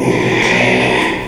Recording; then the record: squeal of a Yucatan mini pig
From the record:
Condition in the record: after surgery on the right vocal fold (resection and tissue-engineered implant); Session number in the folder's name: 1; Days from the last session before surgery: 6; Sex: male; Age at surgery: 12 weeks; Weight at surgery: 13 kg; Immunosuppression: cyclosporine, prednisolone